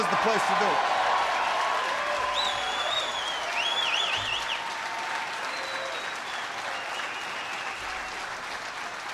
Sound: applause

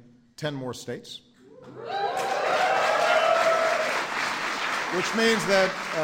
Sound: applause

